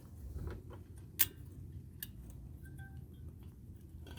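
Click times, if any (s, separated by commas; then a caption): 1.2 s. During a front brake pad and rotor job on a 2008 Gen 2 Toyota Prius, a metal pad retaining/abutment clip is pressed into the caliper bracket before the pads go in. A few faint ticks and taps over a low hum lead to one sharp, bright metallic snap at 1.2 s, followed by quieter light taps. The clip snaps in and is seated.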